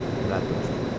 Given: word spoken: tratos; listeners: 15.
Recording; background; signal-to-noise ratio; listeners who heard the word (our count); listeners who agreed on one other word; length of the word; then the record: one Spanish word in noise, from a listening test; speech-shaped noise; -5.4 dB; 0 of 15; 7 of 15; 0.59 s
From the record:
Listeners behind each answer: 7, 4, 1, 1, 1, 1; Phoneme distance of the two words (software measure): 17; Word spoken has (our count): 2 syllables, 6 phonemes, stress on syllable 1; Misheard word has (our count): 2 syllables, 5 phonemes, stress on syllable 1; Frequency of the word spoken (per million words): 7.93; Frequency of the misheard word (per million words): 183.55